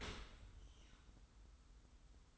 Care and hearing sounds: daily activity, microphone in the room; open dishwasher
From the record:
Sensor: 3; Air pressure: 990.3 hPa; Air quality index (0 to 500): 191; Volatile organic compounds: 1000 ppm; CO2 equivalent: 6226 ppm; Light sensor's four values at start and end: 33/78/32/30 and 33/78/32/30

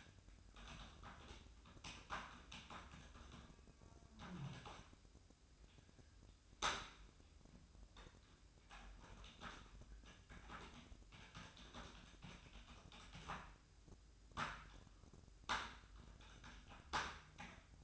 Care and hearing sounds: daily activity, microphone in the room; typing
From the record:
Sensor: 2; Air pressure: 1007.5 hPa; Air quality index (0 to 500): 43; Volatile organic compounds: 1 ppm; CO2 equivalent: 549 ppm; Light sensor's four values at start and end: 9/22/9/10 and 9/22/9/10

